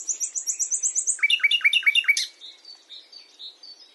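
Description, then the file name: Common nightingale singing a phrase of high, evenly spaced piping notes, then a run of lower, slurred, descending notes, fading into soft twittering. "Luscinia megarhynchos"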